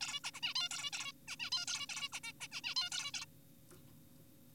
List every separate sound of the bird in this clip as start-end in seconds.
0.01-0.20, 0.24-0.31, 0.34-0.41, 0.43-0.54, 0.56-0.69, 0.71-0.91, 0.93-1.12, 1.28-1.36, 1.40-1.50, 1.52-1.66, 1.68-1.86, 1.89-2.09, 2.12-2.20, 2.24-2.33, 2.41-2.48, 2.52-2.61, 2.64-2.75, 2.77-2.90, 2.92-3.11, 3.14-3.26